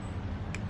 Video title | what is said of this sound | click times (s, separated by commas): Suzuki Marauder 800 Clutch Replacement - Part 3 - Clutch Reassembly | tripping working with torque wrenches go slowly click | 0.5 s